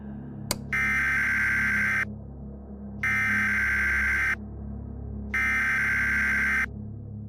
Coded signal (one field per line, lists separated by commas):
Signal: Emergency Alert System (SAME) tones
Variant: header bursts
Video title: POINT OF VIEW -- DTN S14E04 #noai #audiobook #audiodrama #radiotheater #hgwells